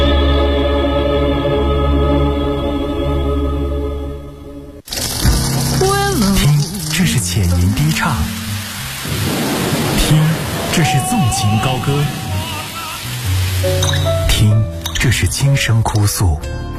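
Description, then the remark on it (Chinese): After a few seconds of sustained tonal music, a loud, steady rush of water running from a tap takes over, with voices mixed into the flow. “随手关上水龙头，节约从身边小事做起。”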